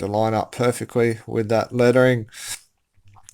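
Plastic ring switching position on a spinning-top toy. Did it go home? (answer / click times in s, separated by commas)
yes / 3.1 s, 3.3 s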